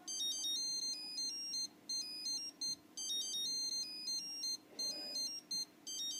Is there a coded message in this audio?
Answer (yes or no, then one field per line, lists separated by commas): no